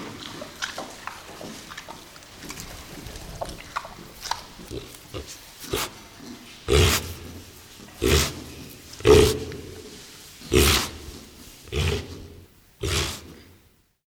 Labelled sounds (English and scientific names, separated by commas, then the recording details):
White-lipped Peccary (Tayassu pecari)
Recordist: Tembrock, Günter
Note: Laute beim Säugen